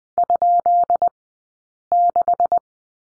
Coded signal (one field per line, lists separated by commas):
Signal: Morse code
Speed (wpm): 20 wpm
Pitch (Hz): 700 Hz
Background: none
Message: ?6